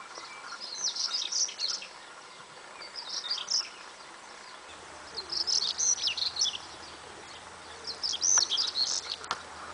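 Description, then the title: Stonechat giving short, scratchy, high twittering phrases of about a second each, repeated every two to three seconds over a faint steady hiss. "Cate saltimpalo"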